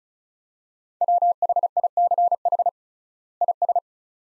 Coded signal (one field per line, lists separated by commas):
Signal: Morse code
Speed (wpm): 36 wpm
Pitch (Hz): 700 Hz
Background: none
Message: WHICH IS